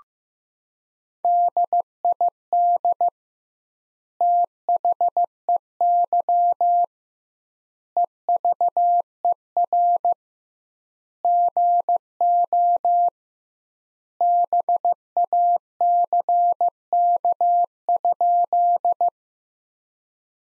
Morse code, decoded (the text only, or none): DID THEY EVER GO BACK?